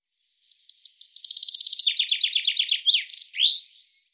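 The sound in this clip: Common chaffinch song: a run of high notes that speeds up, then a lower descending series ending in a sweeping flourish, with no other sounds.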